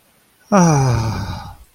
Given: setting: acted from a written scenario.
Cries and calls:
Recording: vocal sound without words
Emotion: ecstasy

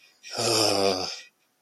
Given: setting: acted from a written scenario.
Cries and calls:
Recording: vocal sound without words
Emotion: shame

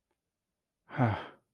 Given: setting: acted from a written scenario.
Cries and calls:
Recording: vocal sound without words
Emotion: romantic love

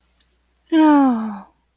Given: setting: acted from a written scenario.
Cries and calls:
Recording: vocal sound without words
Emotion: contentment

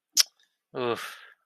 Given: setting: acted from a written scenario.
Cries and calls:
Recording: vocal sound without words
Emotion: disappointment

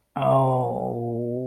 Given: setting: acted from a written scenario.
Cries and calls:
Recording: vocal sound without words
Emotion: pain

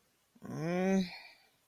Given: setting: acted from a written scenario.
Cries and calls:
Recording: vocal sound without words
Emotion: shame

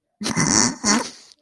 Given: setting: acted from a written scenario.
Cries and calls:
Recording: vocal sound without words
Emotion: amusement

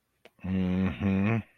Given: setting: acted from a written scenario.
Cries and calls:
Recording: vocal sound without words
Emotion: romantic love

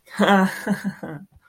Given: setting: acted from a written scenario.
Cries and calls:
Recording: vocal sound without words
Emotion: amusement

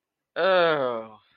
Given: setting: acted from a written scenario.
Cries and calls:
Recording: vocal sound without words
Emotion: disgust

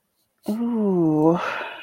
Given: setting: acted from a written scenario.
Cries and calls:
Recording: vocal sound without words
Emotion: shame

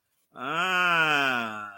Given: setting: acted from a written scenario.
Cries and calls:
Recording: vocal sound without words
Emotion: realization

